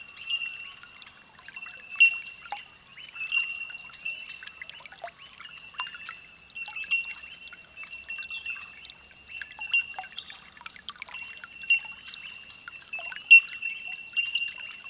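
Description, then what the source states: Bellbirds chorusing: a continuous bell-like ringing at one high pitch, with brighter pings standing out now and then and light scattered chips. Holophonic (olofonia) recording.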